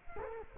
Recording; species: mosquito wingbeat signal from an infrared sensor; Culex quinquefasciatus